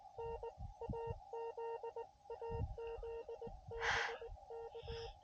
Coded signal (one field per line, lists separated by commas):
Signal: Morse code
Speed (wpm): 19 wpm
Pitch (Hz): 460 Hz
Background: none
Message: N AZ AZ BK